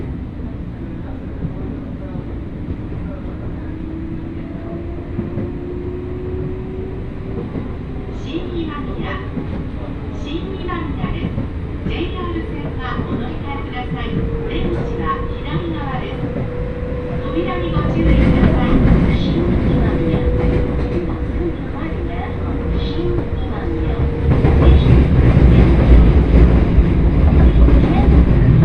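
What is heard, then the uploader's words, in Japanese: A steady rumble of a train ride runs throughout, with a long sliding tone from the wheels or motor that rises and holds across the middle. Speech comes and goes over the noise, and the rumble swells louder near 18 seconds and again around 24 seconds. 鉄道旅 汐見橋→岸里玉出→なんば→大物。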